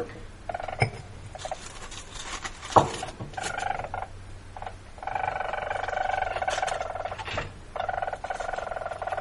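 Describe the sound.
Least weasel trilling: a rapid pulsed, buzzy trill, first in short bursts, then sustained for several seconds, pausing briefly before resuming, with a single sharp click near the start.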